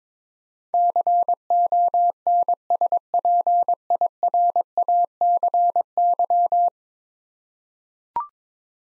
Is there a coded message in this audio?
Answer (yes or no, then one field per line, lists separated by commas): yes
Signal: Morse code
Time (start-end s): 0.7-6.7 s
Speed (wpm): 22 wpm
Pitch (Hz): 700 Hz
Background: none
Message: CONSPIRACY